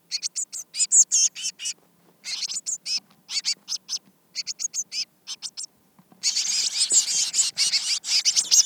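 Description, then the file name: Eurasian blue tit uttering fast, high scolding notes in close bursts, then a denser, buzzier churring stretch toward the end. "Cyanistes caeruleus"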